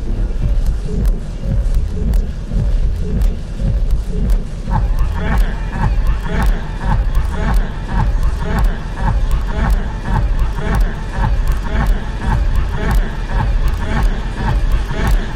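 A busy crowd fills the air with overlapping chatter, no single voice standing out. The babble stays dense and steady throughout, with a low rumble underneath. From about five seconds on, sharper clicks and brighter voice fragments rise more often above the murmur.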